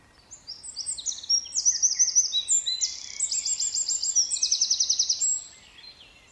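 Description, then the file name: Eurasian wren song: an energetic five-second outpouring of high-pitched trills and twittering phrases, shifting between fast rattles and clear notes. "Troglodytes troglodytes"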